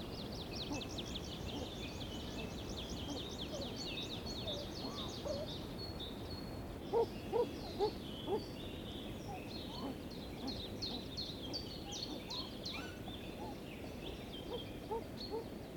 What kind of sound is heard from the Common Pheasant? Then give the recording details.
call. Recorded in captivity. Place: Groß Nemerow, Mecklenburg-Vorpommern, DE. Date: 1982-05-03. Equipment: Nagra III BH, Sennheiser MD 23. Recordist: Schubert, Michael. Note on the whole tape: Zwei Fasanen: Männchen, Weibchen : leise, dumpfe Rufe, Flattersprünge, z. T. Lauf- und Trampelgeräusche des Männchen